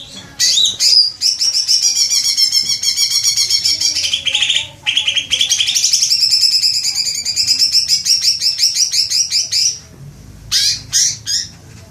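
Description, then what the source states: Leafbird singing a long, continuous stream of fast trills and rattling chatter, with brief pauses and a few short bursts at the close. Indonesian name cucak ijo; bird described as gacor, singing actively and vigorously.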